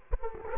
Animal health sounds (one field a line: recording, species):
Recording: mosquito wingbeat signal from an infrared sensor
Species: Culex quinquefasciatus